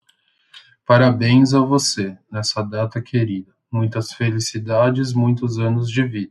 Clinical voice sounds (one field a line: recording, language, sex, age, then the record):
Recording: short text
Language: Brazilian Portuguese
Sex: male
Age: 20 to 29 years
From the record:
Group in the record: control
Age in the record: 29 years